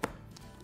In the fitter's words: can either click there and finally place the lid on top and just match up the grooves